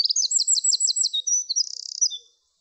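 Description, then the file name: Eurasian wren song fragment: a quick series of high, sharp notes followed by a dense buzzing trill and a couple of final notes. "Troglodytes troglodytes"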